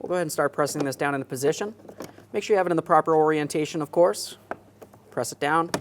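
A plastic window switch assembly is pressed down into the rear door trim panel of a 2015-2020 Ford F-150 while someone talks. Nothing has seated or clicked yet; the clip ends just before the switch snaps home.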